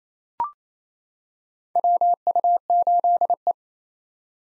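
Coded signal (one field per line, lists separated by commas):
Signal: Morse code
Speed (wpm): 27 wpm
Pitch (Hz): 700 Hz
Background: none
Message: WU8E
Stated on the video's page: Morse practice drill at 28 wpm: common POTA hunter callsigns, each sent twice, for head-copy drills.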